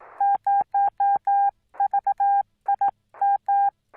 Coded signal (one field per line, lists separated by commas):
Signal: Morse code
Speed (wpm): 16 wpm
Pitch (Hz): 800 Hz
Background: none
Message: 0VIM